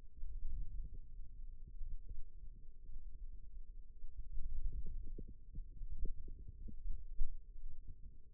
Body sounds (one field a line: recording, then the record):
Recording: forearm muscle sounds (acoustic myography)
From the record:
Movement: wrist flexion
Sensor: system 2, bracelet of six BSWA MPA416 microphones around the upper forearm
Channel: 4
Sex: female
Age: 22 years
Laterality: right